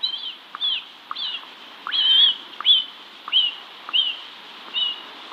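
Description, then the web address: Black vulture nestling giving high, thin, slurred notes at irregular intervals, some longer and wavering. "Schulze Peter Black Vulture nestling"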